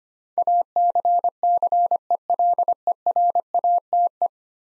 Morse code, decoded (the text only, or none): ACCELERATE